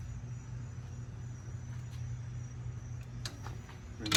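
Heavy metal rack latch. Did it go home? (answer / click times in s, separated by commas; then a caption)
yes / 4.2 s. A loaded KAC K2 2-inch hitch-mount platform bike rack for two bikes, tilted down for hatchback access, is raised back up over a steady low background hum, with a few light metallic clacks along the way. Its tilt latch snaps and locks the rack in the upright position at 4.2 s.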